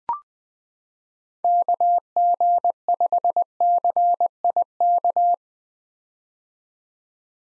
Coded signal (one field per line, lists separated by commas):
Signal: Morse code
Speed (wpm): 20 wpm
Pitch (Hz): 700 Hz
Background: none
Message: KG5CIK